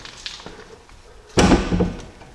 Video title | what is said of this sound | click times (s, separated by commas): Jeep Cherokee XJ 3" Suspension Lift Install - Part 1 of 2 - Rough Country | all right so that locked in | 1.4 s